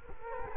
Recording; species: mosquito wingbeat signal from an infrared sensor; Culex quinquefasciatus